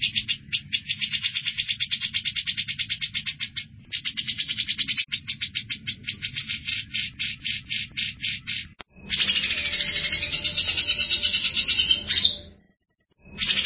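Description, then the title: Grey-cheeked bulbul song: quick rattling bursts of high chips broken by short pauses, then a busier, warbling phrase and a brief silence before it starts again; faint low hum. "Cucak Jenggot"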